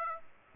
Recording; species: mosquito wingbeat signal from an infrared sensor; Aedes aegypti